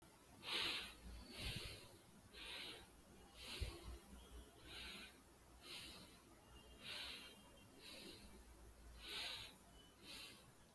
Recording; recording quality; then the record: shallow breathing; excellent, no background noise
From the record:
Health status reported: COVID-19 positive, moderate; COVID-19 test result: positive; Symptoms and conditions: breathing difficulty, fever, fatigue, muscle pain, loss of smell and taste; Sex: male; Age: 27 years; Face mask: not worn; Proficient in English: yes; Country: India